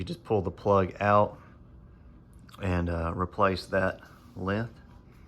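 An LED tube light's linking plug is handled at the next fixture's connector while replacing a length of the light run. Someone talks, and two faint short ticks come at about 2.3 and 2.4 seconds between the talk. Nothing has seated or clicked yet.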